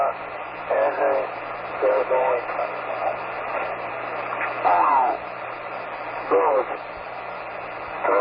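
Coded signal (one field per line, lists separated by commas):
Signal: numbers station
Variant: V20, Spanish male voice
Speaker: I am now going to play you a short snippet of the V20 broadcast so you can hear what V20 sounds like.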